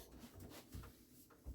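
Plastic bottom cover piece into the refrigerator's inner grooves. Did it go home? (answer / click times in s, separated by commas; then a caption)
no / none. A plastic bottom cover piece is slid into two grooves inside a 2014 Samsung refrigerator that keeps icing up, with soft, low handling bumps and scraping as it is moved. Nothing has seated or clicked yet; the piece is not home by the end.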